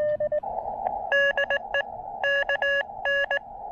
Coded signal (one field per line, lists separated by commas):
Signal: Morse code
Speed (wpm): 18 wpm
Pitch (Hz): 1700 Hz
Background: none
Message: DE KN